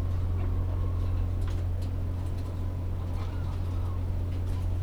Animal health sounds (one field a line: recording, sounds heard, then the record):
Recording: poultry house recording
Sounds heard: sick chickens (respiratory disease)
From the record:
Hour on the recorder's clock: 16